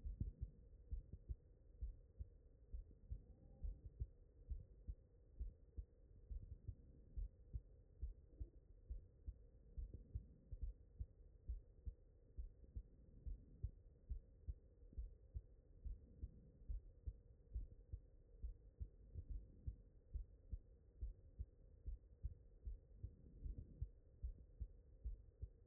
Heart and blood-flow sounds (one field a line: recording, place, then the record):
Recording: heart sounds by stethoscope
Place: mitral valve (MV)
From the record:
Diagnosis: non-HFrEF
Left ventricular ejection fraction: 63%